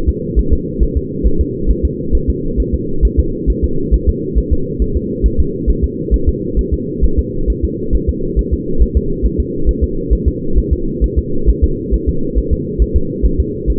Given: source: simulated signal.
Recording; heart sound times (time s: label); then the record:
fetal heart sounds
0.09 s: S2
0.39 s: S1
0.53 s: S2
0.83 s: S1
0.97 s: S2
1.27 s: S1
1.41 s: S2
1.71 s: S1
1.85 s: S2
2.15 s: S1
2.30 s: S2
2.60 s: S1
2.75 s: S2
3.05 s: S1
3.20 s: S2
3.50 s: S1
3.64 s: S2
3.94 s: S1
4.09 s: S2
4.38 s: S1
4.53 s: S2
4.82 s: S1
4.97 s: S2
5.26 s: S1
5.40 s: S2
5.70 s: S1
5.84 s: S2
6.14 s: S1
6.29 s: S2
6.59 s: S1
6.74 s: S2
7.05 s: S1
7.19 s: S2
7.50 s: S1
7.65 s: S2
7.95 s: S1
8.09 s: S2
8.39 s: S1
8.54 s: S2
8.82 s: S1
8.97 s: S2
9.26 s: S1
9.40 s: S2
9.69 s: S1
9.84 s: S2
10.13 s: S1
10.28 s: S2
10.58 s: S1
10.73 s: S2
11.04 s: S1
11.19 s: S2
11.49 s: S1
11.64 s: S2
11.94 s: S1
12.09 s: S2
12.38 s: S1
12.53 s: S2
12.82 s: S1
12.97 s: S2
13.26 s: S1
13.40 s: S2
13.70 s: S1
From the record:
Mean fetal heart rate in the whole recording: 135 bpm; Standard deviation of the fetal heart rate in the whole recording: 3 bpm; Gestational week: 34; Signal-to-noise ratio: -8.1 dB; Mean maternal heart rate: 72 bpm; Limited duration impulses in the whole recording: absent